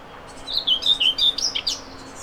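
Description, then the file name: Common whitethroat gives one quick scratchy warble, a rapid string of rough, slightly rising and falling notes lasting about a second and a half. "mezei poszata hangja"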